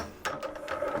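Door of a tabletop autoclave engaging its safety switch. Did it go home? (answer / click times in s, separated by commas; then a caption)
no / none. A GOYOJO 18L tabletop autoclave sterilizer door is being closed and pressed shut toward its safety switch at the bottom. A quiet start gives way to a sudden handling sound at 0.3 s, followed by continuing mechanical rubbing and rattling noise. The safety switch has not clicked yet and the door is not yet home.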